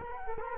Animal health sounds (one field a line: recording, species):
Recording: mosquito wingbeat signal from an infrared sensor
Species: Culex quinquefasciatus